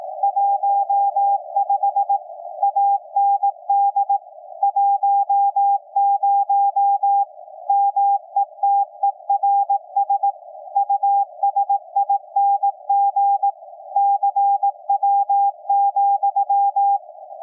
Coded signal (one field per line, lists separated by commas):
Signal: Morse code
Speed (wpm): 18 wpm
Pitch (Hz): 800 Hz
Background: none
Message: 15 AND 10 METERS USING CW,